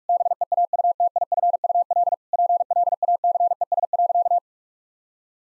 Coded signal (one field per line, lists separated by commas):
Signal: Morse code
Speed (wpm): 46 wpm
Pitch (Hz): 700 Hz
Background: none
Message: BEAUTIFUL PLACES.